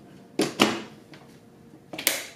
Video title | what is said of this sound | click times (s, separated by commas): Ninja 4-in-1 Blender and Food Processor System Review | turn to lock you'll hear the click | 2.1 s